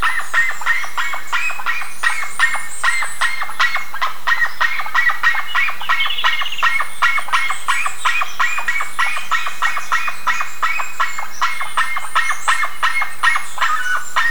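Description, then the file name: Bird calls in a busy, continuous chatter of short notes, nearly three per second, with high squeaky accents scattered throughout. "SABIOD 50 bird 2015"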